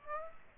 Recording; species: mosquito wingbeat signal from an infrared sensor; Aedes aegypti